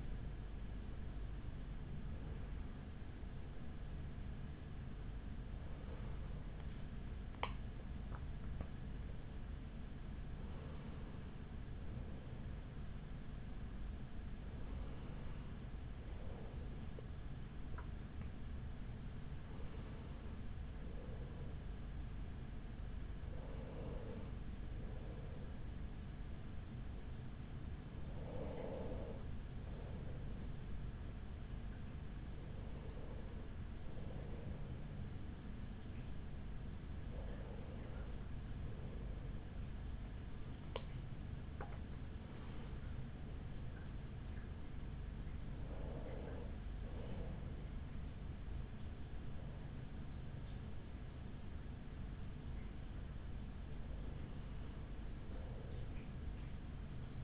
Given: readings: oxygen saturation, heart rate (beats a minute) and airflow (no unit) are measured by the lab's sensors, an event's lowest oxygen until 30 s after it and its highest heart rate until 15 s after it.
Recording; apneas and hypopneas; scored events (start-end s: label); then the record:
breathing in sleep by a smartphone at the bedside; 1
0.00-13.00 s: awake
7.00-48.60 s: hypopnea (scored as awake, oxygen 98% highest, then 95% lowest, heart rate 64 at the start, 64 highest)
12.00-57.24 s: new sleep stage, N1 (lightest sleep)
From the record:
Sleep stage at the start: awake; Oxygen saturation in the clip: 96 to 98%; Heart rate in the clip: 41 to 79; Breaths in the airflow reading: 14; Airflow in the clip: -5.6 to 6.9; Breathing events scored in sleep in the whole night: 207 in 7.6 hours asleep